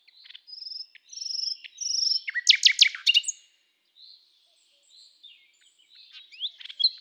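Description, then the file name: Common nightingale song opening with pure, even whistled notes, then a loud cluster of sharp, rapid clicking notes, followed by softer varied twittering phrases. "Luscinia megarhynchos"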